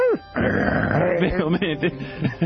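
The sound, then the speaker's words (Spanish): A dog named Bobby grunts and yips in a rapid string of short, pitched vocal bursts, starting with a quick falling yelp before choppy grunts and whines carry on for a couple of seconds. “¡Ay, perro!”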